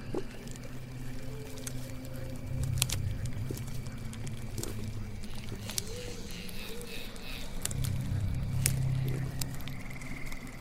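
A witch's swamp house ambience: a steady low droning moan swelling twice, with scattered sharp clicks, faint creaking glides and a thin high whine near the end.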